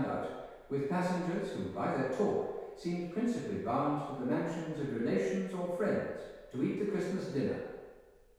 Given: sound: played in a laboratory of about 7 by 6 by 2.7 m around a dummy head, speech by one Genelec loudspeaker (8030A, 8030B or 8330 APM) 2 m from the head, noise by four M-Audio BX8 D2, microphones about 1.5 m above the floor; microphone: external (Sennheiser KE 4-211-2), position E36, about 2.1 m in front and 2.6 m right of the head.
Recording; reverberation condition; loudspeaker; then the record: male speech in English; high; 30 degrees to the left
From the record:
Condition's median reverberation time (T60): about 1300 ms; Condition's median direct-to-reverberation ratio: about -4.0 dB